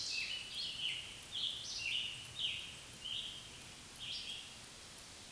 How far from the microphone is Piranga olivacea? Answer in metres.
about 25 m